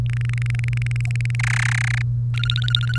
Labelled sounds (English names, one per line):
Domestic Canary song